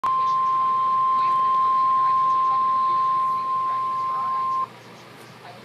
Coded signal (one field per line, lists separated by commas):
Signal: Emergency Alert System (SAME) tones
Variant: 1050 Hz attention tone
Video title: EAS#113,114 Double Header FFW